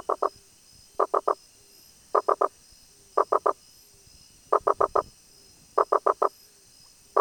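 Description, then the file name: Rosenberg's gladiator frog calls, mostly triplets of quick hollow knocks, repeated roughly every second with faint background ticking. "Boana rosenbergi"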